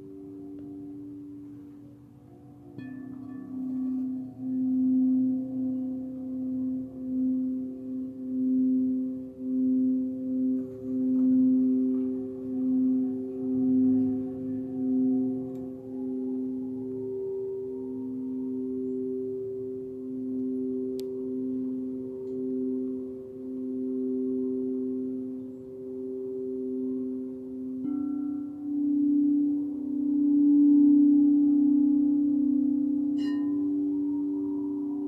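Tibetan singing bowls ring steadily with a deep, sustained tone that pulses and wavers in loudness roughly every second. A few brief bright chimes and high metallic touches appear near the start, around 21 seconds, and near 28 and 33 seconds.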